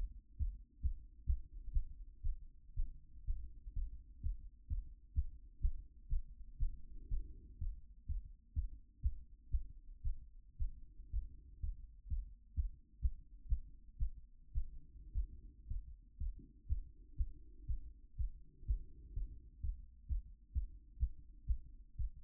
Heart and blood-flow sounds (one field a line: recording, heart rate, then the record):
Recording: heart sounds by stethoscope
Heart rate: 125 bpm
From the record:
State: after exercise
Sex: male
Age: 28 years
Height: 180 cm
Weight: 120 kg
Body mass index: 37.04